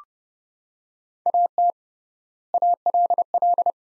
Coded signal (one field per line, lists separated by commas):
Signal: Morse code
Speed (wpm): 30 wpm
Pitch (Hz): 700 Hz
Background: none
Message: AT ALL